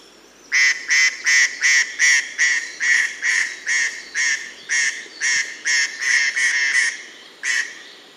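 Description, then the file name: White-bellied treepie uttering a long series of many harsh, nasal, rasping notes in quick regular succession, then a final one after a pause. "White bellied Treepie Dendrocitta leucogastra"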